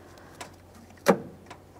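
The wiring harness electrical connector is handled at the new vapor canister (EVAP) purge solenoid valve on a 1999-2006 Chevrolet Silverado 1500, with faint handling noises around 0.4 s, a louder broadband knock near 1.1 s and a small tick at 1.5 s over a low steady hum. Nothing has seated or clicked yet; the connector is not yet home.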